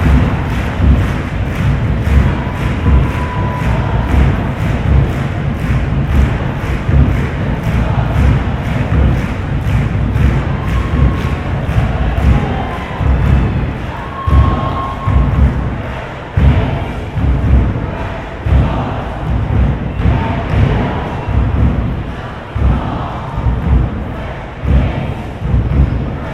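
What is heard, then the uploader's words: A soccer stadium crowd during a lull between plays and chants, a dense, steady murmur of many voices with a low rumble underneath. Sharp claps or thumps repeat at a fairly regular pace throughout, and a few brief whistles or shouts rise above the din. Binaural soccer game, Portland Thorns vs Houston Dash. The lull between plays and between chants and songs in the stadium. This was recorded with binaural mics from the top of the cheap seats, away from people talking.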